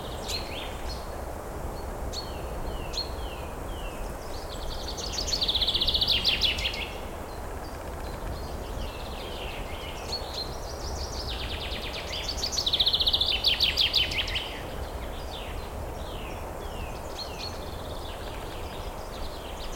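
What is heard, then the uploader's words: Forest ambience with a steady low rumble, small birds chirping throughout and two louder bright trilling bursts near six and thirteen seconds. One Hour Of Forest Sounds.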